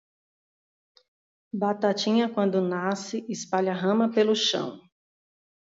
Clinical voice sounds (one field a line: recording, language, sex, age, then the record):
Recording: short text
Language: Brazilian Portuguese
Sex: female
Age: 40 to 49 years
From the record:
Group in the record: control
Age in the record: 42 years